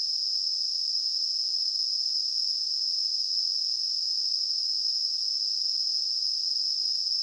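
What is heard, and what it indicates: Simulated tinnitus: a steady, unchanging high-pitched hissing ring concentrated around 5 kHz, sustained without pause throughout.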